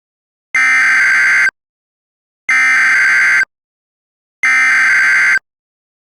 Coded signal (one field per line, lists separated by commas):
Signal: Emergency Alert System (SAME) tones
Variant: header bursts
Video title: EAS T-storm warning (old video)